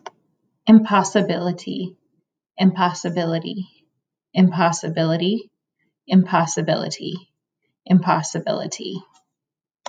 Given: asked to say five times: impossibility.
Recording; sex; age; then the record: repeated word; female; 20 to 29 years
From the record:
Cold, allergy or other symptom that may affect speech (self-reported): no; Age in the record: 28 years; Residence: Pennsylvania, United States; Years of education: 16